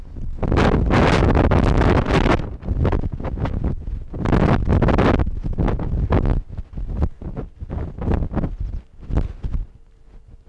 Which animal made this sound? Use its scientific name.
Vulpes lagopus